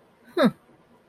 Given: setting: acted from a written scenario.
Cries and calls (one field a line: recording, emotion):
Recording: vocal sound without words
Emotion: realization